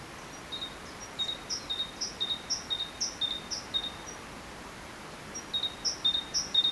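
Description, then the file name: Great tit singing a steady stream of sharp, high two-note phrases, roughly two per second, with a short pause before a final quick run; soft hiss behind. "Parus major"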